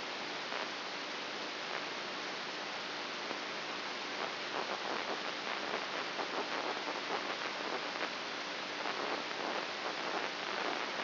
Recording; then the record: brain microelectrode recording played as sound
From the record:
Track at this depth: inside the subthalamic nucleus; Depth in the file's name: 5.44 mm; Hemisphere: right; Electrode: 2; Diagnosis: Parkinson's disease